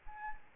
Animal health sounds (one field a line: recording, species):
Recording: mosquito wingbeat signal from an infrared sensor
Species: Anopheles arabiensis